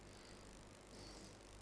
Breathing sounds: one breath in and out by a microphone near the nose and mouth; normal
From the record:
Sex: male

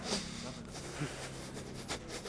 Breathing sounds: one breath in and out by a microphone near the nose and mouth; strong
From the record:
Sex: male

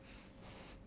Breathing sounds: one breath in and out by a microphone near the nose and mouth; strong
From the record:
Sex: male

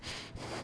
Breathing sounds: one breath in and out by a microphone near the nose and mouth; strong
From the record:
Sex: male

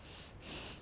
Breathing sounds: one breath in and out by a microphone near the nose and mouth; strong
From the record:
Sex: male

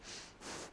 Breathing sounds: one breath in and out by a microphone near the nose and mouth; strong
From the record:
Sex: female

